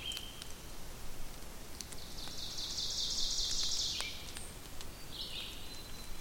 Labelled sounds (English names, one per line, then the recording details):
Ovenbird song
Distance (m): 60 m
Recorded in boreal forest in Alberta, Canada, on 2 June 2016 at 08:16
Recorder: SongMeter 3, array SBT-3-7
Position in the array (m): 192 m, 1 m
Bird 6